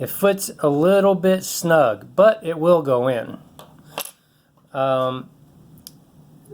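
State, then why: Seated. Someone talks, then an old metal key blade is pushed back into a replacement plastic key fob housing for a 2010 Dodge Ram. It snaps in place with a sharp click at 5.9 s, seating more easily than the snug new blade.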